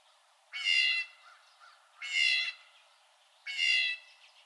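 Blue jay giving three harsh, raspy squawks, each about half a second long and spaced roughly one and a half seconds apart.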